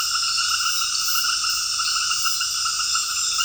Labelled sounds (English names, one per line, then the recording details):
none
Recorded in secondary vegetation near Puerto Asís, Putumayo, Colombia, on 18 February 2024 at 19:00
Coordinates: 0.481, -76.323
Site G6376